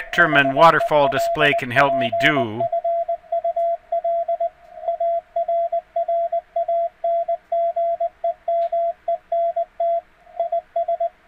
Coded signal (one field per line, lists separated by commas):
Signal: Morse code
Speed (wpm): 19 wpm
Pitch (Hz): 680 Hz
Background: speech, radio noise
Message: HELPFUL ARRANGEMENT IS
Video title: CW Passband Experiment